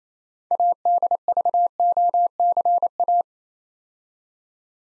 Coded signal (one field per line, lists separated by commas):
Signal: Morse code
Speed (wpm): 29 wpm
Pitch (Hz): 700 Hz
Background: none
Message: ADVOCA